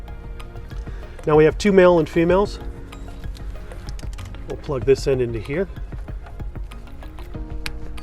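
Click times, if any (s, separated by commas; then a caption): 7.7 s. Someone talks while plugging one end of a remote start T-harness connector into the factory plastic ignition harness plug on a key-to-start 2019 Kia Sportage, with soft handling ticks and rattles in between. A loud, sharp click at 7.7 s marks the connector snapping into place, fully seated.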